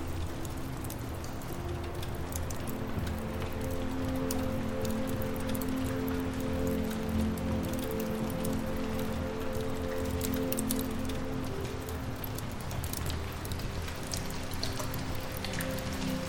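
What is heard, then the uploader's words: Ambient music blends with a crackling fire and a soft winter breeze. A steady, dense hiss runs throughout, peppered with constant small crackles, while soft sustained tones swell in around three seconds and thin out near twelve. The overall level stays even. Soothing ambient music designed for deep sleep, blended with a crackling fire and a soft winter breeze outside. It may be a cold and dreary winter night, but you’re warm and cozy inside.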